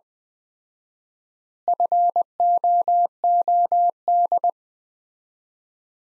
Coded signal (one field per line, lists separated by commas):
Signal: Morse code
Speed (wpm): 20 wpm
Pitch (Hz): 700 Hz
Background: none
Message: FOOD